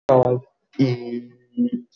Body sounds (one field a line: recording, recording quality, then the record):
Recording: sustained vowel as in beet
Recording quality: excellent, no background noise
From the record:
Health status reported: exposed to COVID-19, no respiratory illness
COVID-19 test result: not tested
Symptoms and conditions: none ticked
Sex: male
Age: 26 years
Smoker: not ticked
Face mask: not worn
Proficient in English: yes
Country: India